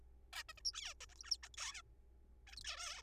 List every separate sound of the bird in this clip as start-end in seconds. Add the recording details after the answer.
0.33-0.43, 0.49-0.53, 0.57-0.62, 0.65-0.71, 0.74-0.94, 1.01-1.06, 1.09-1.14, 1.16-1.19, 1.19-1.23, 1.24-1.30, 1.31-1.37, 1.43-1.48, 1.54-1.56, 1.57-1.81, 2.47-2.56, 2.57-2.60, 2.61-2.63, 2.65-3.02. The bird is a juvenile. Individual R3428